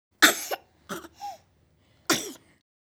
Baby sneezes.